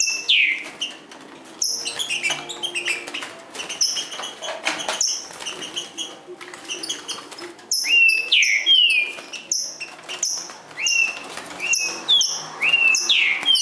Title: Trinca Ferro NICÃO No Mato Disputando Com Solto